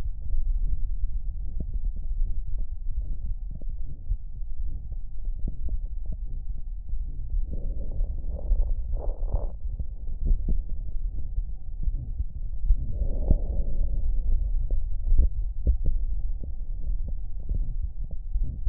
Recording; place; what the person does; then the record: lung sounds by stethoscope; left anterior apical chest; quiet breathing, then deep breathing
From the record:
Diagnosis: interstitial lung disease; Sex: male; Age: 72 years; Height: 170 cm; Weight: 62.9 kg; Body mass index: 21.8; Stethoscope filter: extended mode